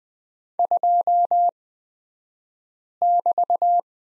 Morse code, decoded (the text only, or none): 2<BT>